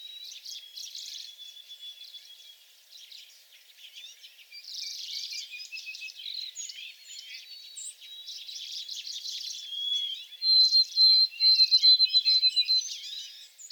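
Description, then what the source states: White-throated sparrow song: a faint whistle opens over a busy chorus of other birds, then near the end a loud string of repeated high whistled notes. Four songs recorded.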